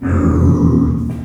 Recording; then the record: squeal of a Yucatan mini pig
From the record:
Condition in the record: after surgery on the right vocal fold (resection and tissue-engineered implant); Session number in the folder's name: 11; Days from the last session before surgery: 98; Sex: female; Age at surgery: 19 weeks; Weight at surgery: 25 kg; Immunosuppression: prednisolone